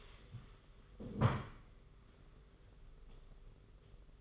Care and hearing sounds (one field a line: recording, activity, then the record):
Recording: daily activity, microphone in the room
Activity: stand up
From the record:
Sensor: 4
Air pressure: 991.3 hPa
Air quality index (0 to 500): 137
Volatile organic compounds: 54 ppm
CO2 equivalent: 3343 ppm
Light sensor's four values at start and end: 25/80/30/31 and 25/80/30/31